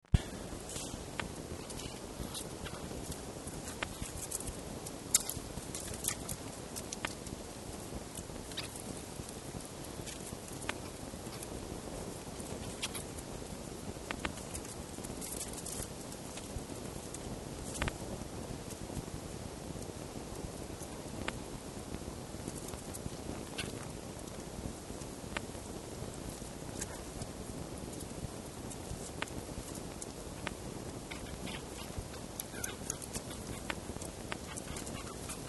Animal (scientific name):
Vulpes vulpes